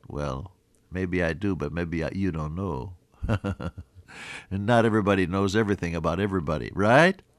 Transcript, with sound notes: Well, maybe I do but maybe you don’t know. (Laughs) And not everybody knows everything about everybody, right?